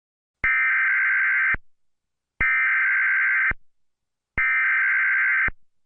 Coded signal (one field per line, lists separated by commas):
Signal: Emergency Alert System (SAME) tones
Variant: header bursts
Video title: (FIRST EAS-RELATED VIDEO) EAS Scenario #1: The Burger King Toxin